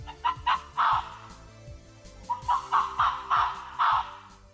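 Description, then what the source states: Arctic fox calls, two bursts of harsh, hoarse yelping barks, the second longer, over a low background sound. Sound resembling a gallinaceous bird such as a pheasant or peacock.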